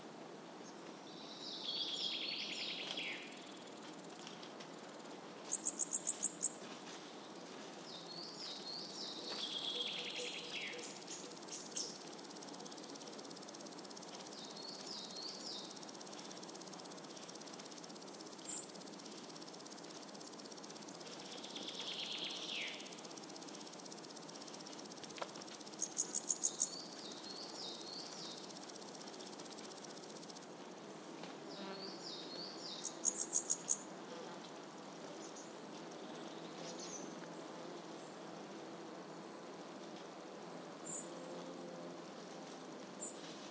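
A warm summer morning soundscape with a steady, fine hiss of insects filling the air throughout. Brief bright chirps and warbled bird calls come and go every few seconds, and three short, sharp high-pitched buzzing bursts stand out near 6, 26 and 33 seconds.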